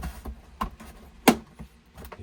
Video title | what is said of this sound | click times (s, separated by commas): Installing round house extensions, feeders and a night tour. | You hear the click. | 1.3 s